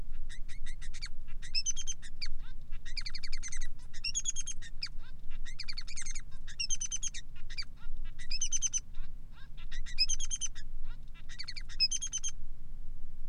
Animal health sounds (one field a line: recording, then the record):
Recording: song of a male Bengalese finch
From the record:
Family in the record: son of father 3